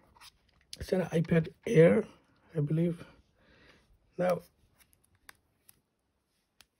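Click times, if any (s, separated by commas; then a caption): 5.3 s. Someone talks, then a Lightning charging cable is plugged into an iPad's charging port, with a few faint ticks before a sharp click at 5.3 s. The plug is seated and goes in all the way, followed by two more small ticks.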